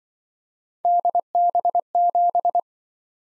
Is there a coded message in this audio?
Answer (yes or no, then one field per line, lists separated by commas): yes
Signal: Morse code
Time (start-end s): 0.8-2.6 s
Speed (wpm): 25 wpm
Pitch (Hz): 700 Hz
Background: none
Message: DB7